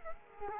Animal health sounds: mosquito wingbeat signal from an infrared sensor; Culex quinquefasciatus

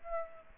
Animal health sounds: mosquito wingbeat signal from an infrared sensor; Aedes aegypti

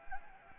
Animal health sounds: mosquito wingbeat signal from an infrared sensor; Anopheles gambiae

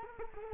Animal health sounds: mosquito wingbeat signal from an infrared sensor; Culex quinquefasciatus

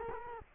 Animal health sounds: mosquito wingbeat signal from an infrared sensor; Culex quinquefasciatus

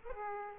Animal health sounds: mosquito wingbeat signal from an infrared sensor; Aedes aegypti

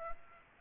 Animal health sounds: mosquito wingbeat signal from an infrared sensor; Aedes aegypti

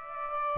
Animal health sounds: mosquito wingbeat signal from an infrared sensor; Aedes aegypti

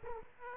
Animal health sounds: mosquito wingbeat signal from an infrared sensor; Aedes aegypti

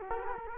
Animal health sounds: mosquito wingbeat signal from an infrared sensor; Culex quinquefasciatus

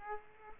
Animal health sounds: mosquito wingbeat signal from an infrared sensor; Aedes aegypti

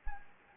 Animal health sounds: mosquito wingbeat signal from an infrared sensor; Anopheles gambiae

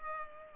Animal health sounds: mosquito wingbeat signal from an infrared sensor; Culex pipiens

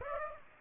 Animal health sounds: mosquito wingbeat signal from an infrared sensor; Aedes aegypti

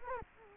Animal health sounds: mosquito wingbeat signal from an infrared sensor; Culex quinquefasciatus

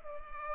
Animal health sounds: mosquito wingbeat signal from an infrared sensor; Culex pipiens

